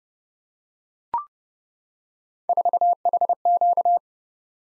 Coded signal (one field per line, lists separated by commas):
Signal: Morse code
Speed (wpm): 28 wpm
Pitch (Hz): 700 Hz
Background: none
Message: 4HQ